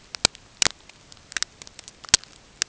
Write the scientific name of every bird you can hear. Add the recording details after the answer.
none. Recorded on Arctic tundra, site NAIT-1, on 20 June 2018. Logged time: 05:00